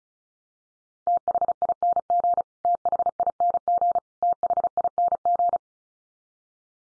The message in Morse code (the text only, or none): THING THING THING